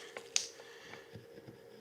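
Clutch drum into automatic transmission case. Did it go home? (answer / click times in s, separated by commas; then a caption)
yes / 0.4 s. A clutch drum is worked further down into a 4L80 automatic transmission case until it engages all three clutch packs. After a faint tap at 0.2 s, it drops into place with a single sharp knock at 0.4 s over a steady low hum. The drum is seated.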